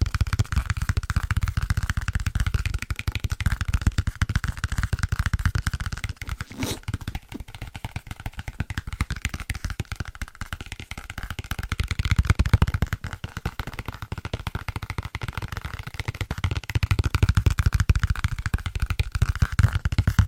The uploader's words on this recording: ASMR Fast And Tingly Tapping On Book Spines (No Talking).